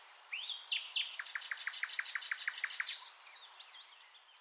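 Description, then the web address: Common nightingale song, a rising whistle followed by a long evenly spaced series of sharp repeated notes, then quiet. "SETE Luscinia megarhynchos"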